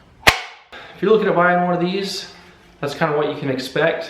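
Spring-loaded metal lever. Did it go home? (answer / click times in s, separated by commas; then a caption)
yes / 0.3 s. The belt tension release lever on a Ryobi BE319 portable belt sander is pushed back down after changing the sanding belt, and it snaps back into place with a single sharp snap at 0.3 s. Someone then talks for the rest of the clip.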